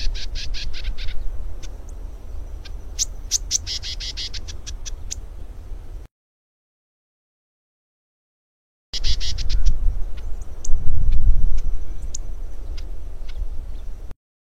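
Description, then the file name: Lesser grass-finch song: bursts of rapid, dry, buzzy notes with scattered sharp ticks. A steady low rumble runs underneath. "canto do canario do brejo"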